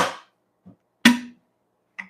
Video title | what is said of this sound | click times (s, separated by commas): JW - #dubbyenergy #poppyandpeonies ￼#unboxing #yfp Live! | you can hear that snap and that click it's a very strong click | 1.1 s